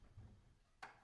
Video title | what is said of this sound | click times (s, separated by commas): Building A Reception Desk For An Art Gallery | all you have to do is set the drawer on top of the hardware and push it shut once it clicks into place you're good to go to | 0.8 s